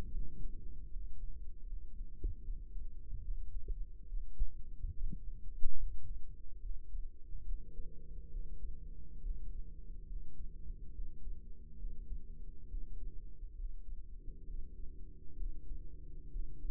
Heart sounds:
heart sounds by microphone in the right ear; 70 bpm
0.11 s: heartbeat
0.90 s: heartbeat
1.66 s: heartbeat
2.43 s: heartbeat
3.22 s: heartbeat
4.07 s: heartbeat
4.93 s: heartbeat
5.77 s: heartbeat
6.60 s: heartbeat
7.44 s: heartbeat
8.29 s: heartbeat
9.20 s: heartbeat
10.06 s: heartbeat
10.91 s: heartbeat
11.76 s: heartbeat
12.67 s: heartbeat
13.54 s: heartbeat
14.44 s: heartbeat
15.35 s: heartbeat
16.29 s: heartbeat
From the record:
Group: healthy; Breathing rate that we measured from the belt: 14 breaths a minute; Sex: male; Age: 35 years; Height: 178 cm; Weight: 64 kg

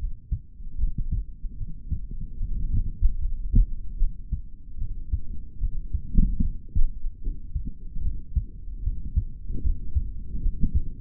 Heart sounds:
heart sounds by stethoscope; 75 bpm
0.77 s: heartbeat
1.56 s: heartbeat
2.38 s: heartbeat
3.19 s: heartbeat
3.98 s: heartbeat
4.77 s: heartbeat
5.59 s: heartbeat
6.41 s: heartbeat
7.21 s: heartbeat
8.01 s: heartbeat
8.82 s: heartbeat
9.62 s: heartbeat
10.41 s: heartbeat
From the record:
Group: healthy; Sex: male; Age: 55 years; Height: 167 cm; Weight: 57.2 kg

